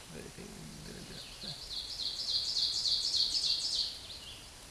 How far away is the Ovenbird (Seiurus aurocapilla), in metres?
about 25 m